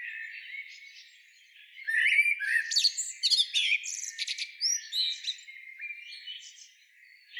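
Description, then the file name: Common blackbird producing a quiet start, then a busy stretch of sharp chirps, squeaks and short whistled slurs, fading to softer notes near the end. "Turdus merula"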